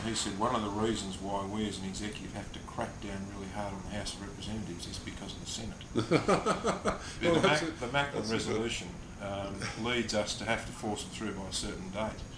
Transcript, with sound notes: He says, one of the reasons why we as an executive have to crack down really hard on the House of Representatives is because of the Senate. [laughs] The Macklin resolution leads us to have to force them through by a certain date.